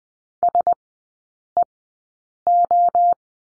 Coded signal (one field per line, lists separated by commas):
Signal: Morse code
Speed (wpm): 19 wpm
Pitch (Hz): 700 Hz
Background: none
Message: SEO